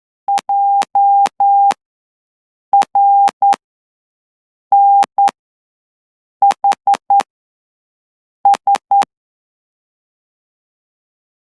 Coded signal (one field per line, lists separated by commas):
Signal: Morse code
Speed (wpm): 10 wpm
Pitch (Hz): 800 Hz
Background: none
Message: JRNHS